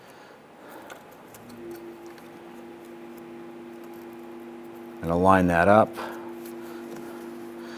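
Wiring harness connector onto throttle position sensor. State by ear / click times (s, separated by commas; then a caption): not seated / none. A wiring harness connector is brought to the throttle position sensor on a 1994–2004 Ford Mustang 3.8L V6 and lined up before being pushed home. A faint tick at 0.9 s and a steady low hum are heard, and someone talks briefly around 5–6 s. Nothing has seated or clicked yet.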